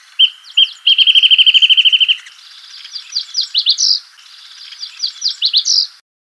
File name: suara call song burung wrentit omkicau